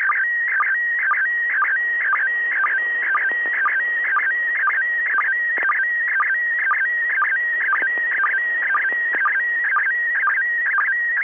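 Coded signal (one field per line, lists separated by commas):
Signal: SSTV (slow-scan television)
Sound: warbling whistle-like tone shifting pitch, with short low blips about twice a second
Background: radio static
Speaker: that audio that you just heard should be able to decode that photograph that we just watched download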